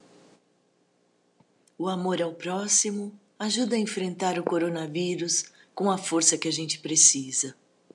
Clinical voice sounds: spoken sentence; Brazilian Portuguese; female; 50 to 59 years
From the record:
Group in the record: control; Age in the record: 58 years

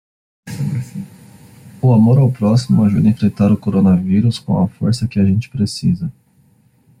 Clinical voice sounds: spoken sentence; Brazilian Portuguese; male; 30 to 39 years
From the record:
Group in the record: control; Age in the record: 33 years

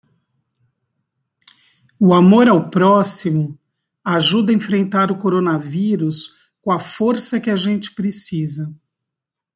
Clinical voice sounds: spoken sentence; Brazilian Portuguese; female; 50 to 59 years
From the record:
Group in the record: control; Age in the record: 59 years

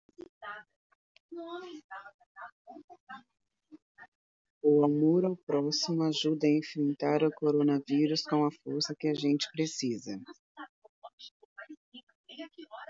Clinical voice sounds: spoken sentence; Brazilian Portuguese; female; 50 to 59 years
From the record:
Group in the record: control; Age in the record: 51 years

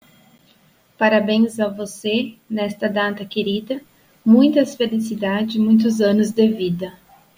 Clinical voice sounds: short text; Brazilian Portuguese; female; 20 to 29 years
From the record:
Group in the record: control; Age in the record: 29 years

